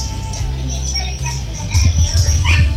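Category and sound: animal, dogs barking and whimpering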